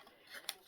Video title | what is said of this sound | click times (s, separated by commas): cabinet de curiosité #stargazer | ça y est c'est clipsé bon | 0.5 s